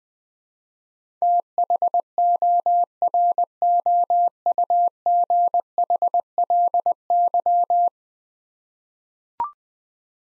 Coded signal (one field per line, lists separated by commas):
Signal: Morse code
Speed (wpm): 20 wpm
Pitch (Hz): 700 Hz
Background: none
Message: THOROUGHLY